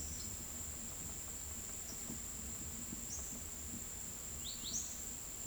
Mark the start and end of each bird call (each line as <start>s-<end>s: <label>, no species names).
4.43s-4.74s: bird call